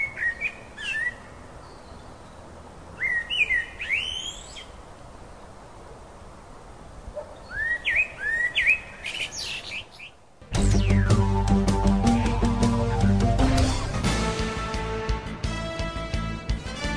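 Birds in the city of Quito chirp and sing in short, bright bursts of rising whistles and twitters over a soft background hiss for about ten seconds, then loud music abruptly takes over.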